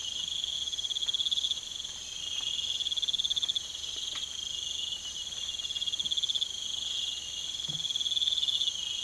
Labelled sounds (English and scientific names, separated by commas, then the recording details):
none
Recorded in pastures near Puerto Asís, Putumayo, Colombia, on 20 December 2024 at 04:00
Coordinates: 0.472, -76.329
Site G072